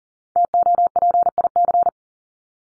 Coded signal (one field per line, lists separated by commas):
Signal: Morse code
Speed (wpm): 40 wpm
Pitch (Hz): 700 Hz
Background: none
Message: TOPIC